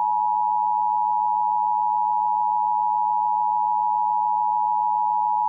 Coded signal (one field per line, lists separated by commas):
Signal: Emergency Alert System (SAME) tones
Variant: 853 and 960 Hz attention tone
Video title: Oklahoma Required Monthly Test on KOKC-AM (EAS #1244)